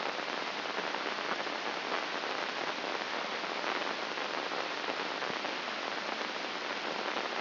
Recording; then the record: brain microelectrode recording played as sound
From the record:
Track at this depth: outside the subthalamic nucleus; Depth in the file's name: 6.429 mm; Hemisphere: left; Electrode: 2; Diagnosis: Parkinson's disease